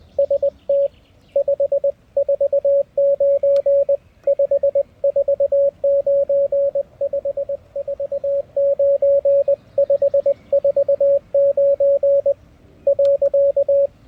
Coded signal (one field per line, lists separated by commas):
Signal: Morse code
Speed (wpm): 20 wpm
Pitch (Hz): 560 Hz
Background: radio noise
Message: ST 549 549 549 549 .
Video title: I Found an Unbuilt Elecraft K1 Radio Kit!